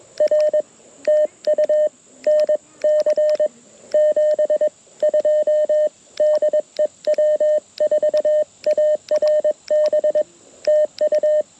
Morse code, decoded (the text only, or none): R TU NC 72 DE W4ARB TU